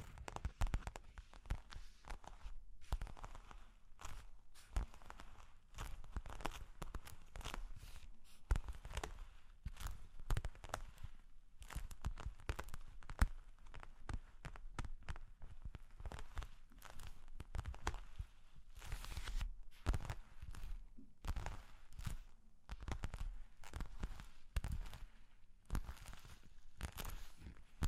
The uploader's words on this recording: Long Claws Tapping and Scratching (No Talking).